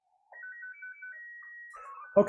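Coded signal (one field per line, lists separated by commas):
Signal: SSTV (slow-scan television)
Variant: Scottie 2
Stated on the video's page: CW (Morse) and SSTV telemetry modes transmitted by the AMSAT CubeSatSim Lite satellite simulator.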